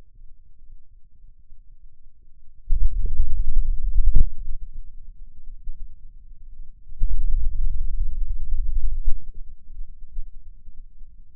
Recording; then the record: forearm muscle sounds (acoustic myography)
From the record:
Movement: hand opening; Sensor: system 2, bracelet of six BSWA MPA416 microphones around the upper forearm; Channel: 1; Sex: male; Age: 22 years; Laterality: right